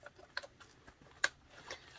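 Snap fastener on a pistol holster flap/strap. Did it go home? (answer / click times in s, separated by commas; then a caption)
yes / 1.2 s. The snap fastener on the flap strap of a fabric pistol holster is pressed back closed by hand. A few small ticks lead up to a sharp, loud snap at 1.2 seconds as the fastener seats.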